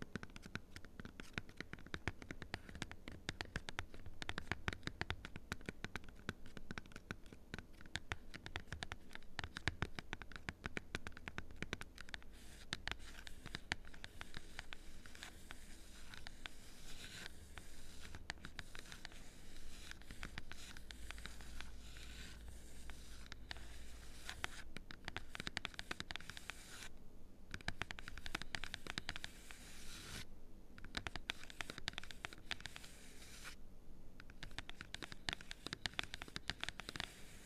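Fingers tap cardboard in a fast, dense patter of light, dry knocks that runs without pause for the whole stretch. The rhythm stays busy but uneven, with a soft low thump underneath at times and a few brief gaps around 27, 30 and 34 seconds.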